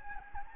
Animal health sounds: mosquito wingbeat signal from an infrared sensor; Anopheles gambiae

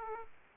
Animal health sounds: mosquito wingbeat signal from an infrared sensor; Aedes aegypti

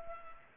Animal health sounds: mosquito wingbeat signal from an infrared sensor; Culex pipiens

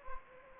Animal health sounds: mosquito wingbeat signal from an infrared sensor; Anopheles gambiae

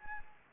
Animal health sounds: mosquito wingbeat signal from an infrared sensor; Anopheles gambiae

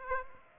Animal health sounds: mosquito wingbeat signal from an infrared sensor; Aedes aegypti

